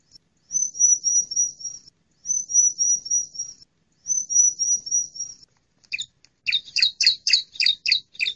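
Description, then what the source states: Bar-winged prinia: three thin, high pulsed trills about a second and a half each, followed by a rapid series of buzzy chirps. Female.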